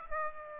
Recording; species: mosquito wingbeat signal from an infrared sensor; Aedes aegypti